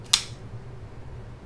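The steel blade of a Remette Peacock folding pocket knife, which runs on ball bearings, flips open and locks with one sharp, loud snap at 0.1 s, followed by a low steady hum. The blade seats, locked open by the liner lock, a piece of steel on the inside of the handle that interfaces with the steel of the blade.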